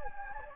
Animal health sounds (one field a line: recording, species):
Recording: mosquito wingbeat signal from an infrared sensor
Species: Anopheles gambiae